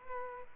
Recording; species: mosquito wingbeat signal from an infrared sensor; Aedes aegypti